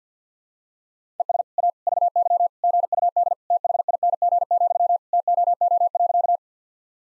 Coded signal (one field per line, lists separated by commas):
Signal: Morse code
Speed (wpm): 50 wpm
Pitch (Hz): 700 Hz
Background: none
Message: ES A VY GUD THING, TOO.